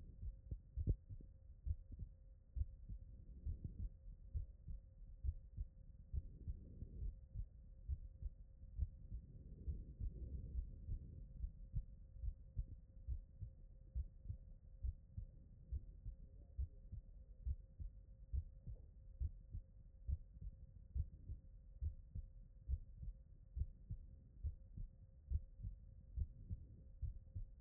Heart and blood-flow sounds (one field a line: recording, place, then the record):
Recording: heart sounds by stethoscope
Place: tricuspid valve (TV)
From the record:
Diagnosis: non-HFrEF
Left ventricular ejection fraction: 63%